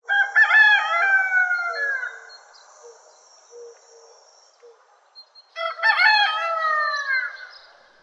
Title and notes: Rooster Crowing 3 Times. Cock-a-doodle-doo. Chicken sounds